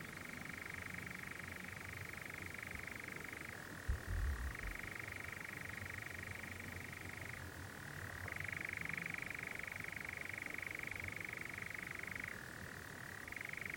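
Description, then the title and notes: Steady, unbroken nightjar churring with regular drops and rises in pitch, plus a short low thump early on. Nocturnal bird churring on a warm June summer evening, on a hill in the Brecon Beacons, among honeysuckle and foxgloves. "Sound Escape 20: the mesmerising churring of a nightjar on a summer's night. BBC Countryfile Magazine. it's a warm June evening on a hill in the Brecon Beacons and the strange churring of a nocturnal bird called the nightjar"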